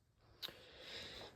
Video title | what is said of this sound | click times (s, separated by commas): Unboxing & Setup of the Bambu Lab P1S Combo - First Impressions & Test Print! | Put it in, push till it clicks, and you're done. | 0.4 s